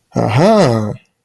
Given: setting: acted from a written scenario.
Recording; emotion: vocal sound without words; realization